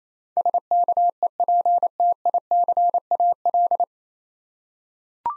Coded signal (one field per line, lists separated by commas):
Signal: Morse code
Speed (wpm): 28 wpm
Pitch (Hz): 700 Hz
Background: none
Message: SKEPTICAL